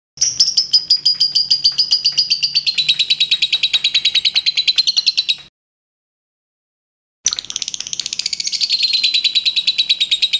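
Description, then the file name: Lovebird song of quick, high, buzzy chirps strung into a continuous trill, dropping slightly in pitch, pausing nearly two seconds, then resuming just as rapidly. Lovebird of the liontin type. "audio lovebird liontin omkicau"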